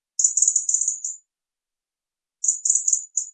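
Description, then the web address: European robin giving very high, thin, rapidly pulsed calls in two bursts about a second long, separated by over a second of silence. "erithacus rubecula call"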